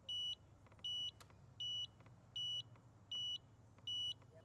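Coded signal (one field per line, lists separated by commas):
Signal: beep code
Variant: Pride mobility scooter controller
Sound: six short high-pitched electronic beeps, evenly spaced, possibly cut off at the start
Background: low background rumble, clicks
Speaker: 7 beep code usually comes back to a speed pod issue.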